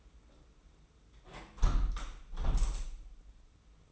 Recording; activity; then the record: daily activity, microphone in the room; close window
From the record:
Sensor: 1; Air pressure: 991.3 hPa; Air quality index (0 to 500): 118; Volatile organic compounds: 177 ppm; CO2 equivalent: 4134 ppm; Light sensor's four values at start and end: 39/120/47/49 and 38/118/46/48